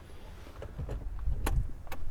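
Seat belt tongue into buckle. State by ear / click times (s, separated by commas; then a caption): seated / 1.5 s. Inside a truck cab, a driver fastens the seat belt, pushing the metal tongue into the buckle amid soft rustling and faint taps. A sharp, bright click at 1.5 s shows the belt has latched, followed by a quieter tick near 1.9 s.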